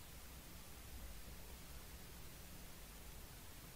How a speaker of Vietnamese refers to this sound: nhưng đầu dây bên kia đã vang lên tiếng rè rè.